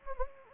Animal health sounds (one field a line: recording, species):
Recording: mosquito wingbeat signal from an infrared sensor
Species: Anopheles gambiae